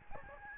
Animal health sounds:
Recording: mosquito wingbeat signal from an infrared sensor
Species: Aedes albopictus

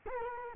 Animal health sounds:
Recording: mosquito wingbeat signal from an infrared sensor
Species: Culex quinquefasciatus

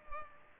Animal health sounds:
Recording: mosquito wingbeat signal from an infrared sensor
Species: Culex pipiens

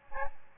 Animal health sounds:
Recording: mosquito wingbeat signal from an infrared sensor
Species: Aedes albopictus

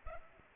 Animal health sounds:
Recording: mosquito wingbeat signal from an infrared sensor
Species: Culex pipiens

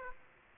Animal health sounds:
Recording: mosquito wingbeat signal from an infrared sensor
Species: Aedes aegypti

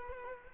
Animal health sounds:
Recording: mosquito wingbeat signal from an infrared sensor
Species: Culex quinquefasciatus

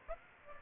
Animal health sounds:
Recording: mosquito wingbeat signal from an infrared sensor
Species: Aedes aegypti

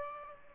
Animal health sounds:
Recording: mosquito wingbeat signal from an infrared sensor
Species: Aedes aegypti

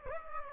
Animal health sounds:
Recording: mosquito wingbeat signal from an infrared sensor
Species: Aedes aegypti

